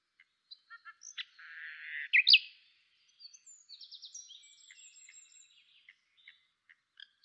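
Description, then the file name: Common nightingale song, opening with scattered clicks, then a rough buzzy note, a loud sharp flourish and a trail of soft, fast ticking notes. "Luscinia megarhynchos"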